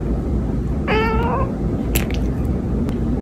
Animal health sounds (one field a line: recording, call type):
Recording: domestic cat vocalisation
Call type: yawn